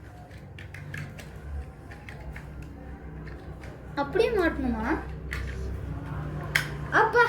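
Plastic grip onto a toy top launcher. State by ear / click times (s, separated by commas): seated / 6.6 s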